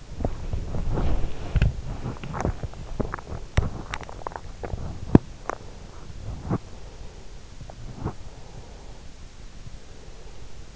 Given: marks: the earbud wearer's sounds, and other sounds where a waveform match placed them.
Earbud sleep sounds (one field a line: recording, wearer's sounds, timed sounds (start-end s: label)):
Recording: sounds in sleep by an in-ear microphone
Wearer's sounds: body movement, teeth grinding, breath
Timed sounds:
0.00-9.17 s: body movement
3.47-5.66 s: teeth grinding
5.49-7.46 s: breath
8.24-10.75 s: breath